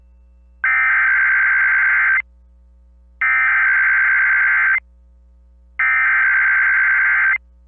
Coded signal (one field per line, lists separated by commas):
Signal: Emergency Alert System (SAME) tones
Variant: header bursts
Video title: EAS Severe Thunderstorm Watch #513 Oklahoma NOAA Weather Radio +WeatherSTAR4000 KOFM-FM